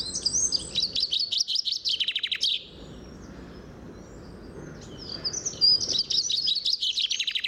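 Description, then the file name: Common chaffinch singing two bright trilled phrases, each a quick series of notes, with a long pause between them. "Fringilla coelebs"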